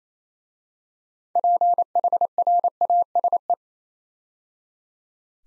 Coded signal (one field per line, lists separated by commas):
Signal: Morse code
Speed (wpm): 27 wpm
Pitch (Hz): 700 Hz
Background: none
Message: PHRASE